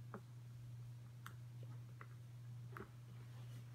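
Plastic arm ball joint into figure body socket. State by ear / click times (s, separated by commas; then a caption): not seated / none. Someone makes a second attempt to press the plastic ball joint of a toy figure's arm into its socket in the figure's body, trying another way to snap it in. A few light handling taps sound over a steady low hum, the sharpest at about 2.8 s. The attempt fails: the joint has not snapped into the socket.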